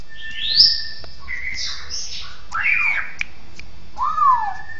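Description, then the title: Bird calls in varied squawky sweeps, some rising high and others sliding down, delivered irregularly over a faint low hum. "SuaraBurung Kicau1"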